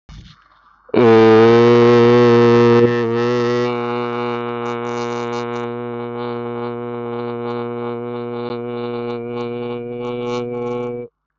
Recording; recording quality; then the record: sustained vowel as in made; excellent, no background noise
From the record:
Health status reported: healthy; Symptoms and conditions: none ticked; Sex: male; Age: 28 years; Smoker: not ticked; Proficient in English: yes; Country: India